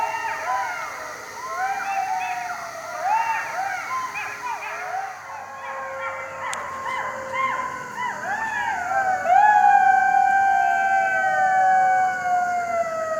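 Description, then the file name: Jackal howling, a chorus of short, arched yelps that gives way to longer, drawn-out wails sliding slowly downward. "zvuki shakala"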